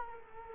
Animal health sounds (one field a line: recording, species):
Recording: mosquito wingbeat signal from an infrared sensor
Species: Culex quinquefasciatus